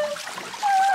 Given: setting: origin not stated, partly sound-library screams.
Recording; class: one-second piece from a danger detection set; woman in danger